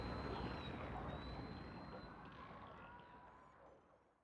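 Dolphin whistles: a long steady high tone with a slight dip, then lower rising sweeps, all over dense noise that fades out toward the end.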